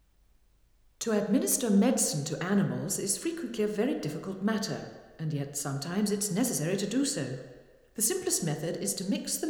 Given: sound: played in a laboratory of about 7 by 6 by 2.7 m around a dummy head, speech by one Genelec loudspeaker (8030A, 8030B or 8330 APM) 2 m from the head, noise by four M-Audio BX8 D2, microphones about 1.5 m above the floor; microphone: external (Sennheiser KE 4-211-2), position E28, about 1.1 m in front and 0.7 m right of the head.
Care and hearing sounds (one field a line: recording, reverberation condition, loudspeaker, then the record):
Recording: female speech in English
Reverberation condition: high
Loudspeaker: 30 degrees to the right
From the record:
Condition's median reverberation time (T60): about 1300 ms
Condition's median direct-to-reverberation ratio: about -4.0 dB